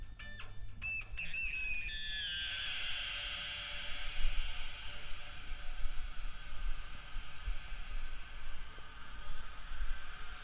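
A sound walk through the Saline Royale at Arc-et-Senans, among installations and performances. Quick bright clicks and a thin whistling tone open it, then a hissing wash swells after two seconds and slowly fades, over a steady low rumble with faint high ticks.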